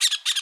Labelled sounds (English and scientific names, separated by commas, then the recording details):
Brown-throated Parakeet (Eupsittula pertinax) contact call
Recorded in Bonaire
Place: just S of turnoff to Cai, near Lac Bay
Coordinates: 12.126, -68.239